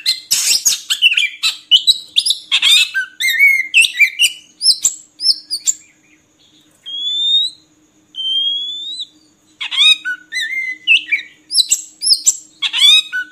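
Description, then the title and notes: Oriental magpie-robin song with varied notes: scratchy chatter at first, then long clear rising whistles separated by short pauses, ending in fresh bursts of chatter. Long-duration filler song (isian) for training kacer to sing actively (gacor) day and night. "Kacer Jadi Gacor Siang Malam. Isian Kacer Durasi Panjang"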